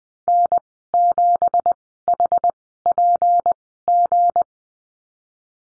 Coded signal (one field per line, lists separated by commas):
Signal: Morse code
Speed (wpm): 20 wpm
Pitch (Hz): 700 Hz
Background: none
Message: N7HPG